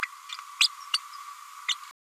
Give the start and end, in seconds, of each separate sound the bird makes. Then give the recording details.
0.60-0.68, 0.93-0.97, 1.68-1.75. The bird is a female. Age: 31 days. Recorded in a nest box in Venezuela. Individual 17B102A5